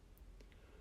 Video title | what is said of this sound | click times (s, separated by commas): NEW 1st Gen Sequoia Grille - Unboxing and Assembly | and then push down on the light itself and it'll click into place and hold steady the | 0.2 s, 0.4 s, 0.5 s